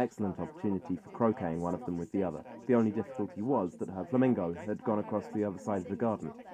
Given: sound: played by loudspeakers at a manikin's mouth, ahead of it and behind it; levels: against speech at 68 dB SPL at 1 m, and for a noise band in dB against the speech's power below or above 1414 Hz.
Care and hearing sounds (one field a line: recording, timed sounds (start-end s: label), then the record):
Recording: test signals for a remote microphone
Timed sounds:
0.00-6.54 s: man speaking, babble ahead at +6 dB SNR for speech at 1 m
From the record:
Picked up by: measurement microphone